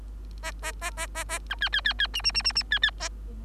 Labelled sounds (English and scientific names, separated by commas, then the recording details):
Bengalese Finch (Lonchura striata domestica) song
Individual Bird3